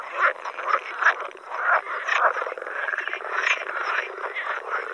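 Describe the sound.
Edible frog croaking: rapid, rattling pulsed croaks in overlapping bursts, several calls chorusing without pause, with a steady faint high tone running underneath.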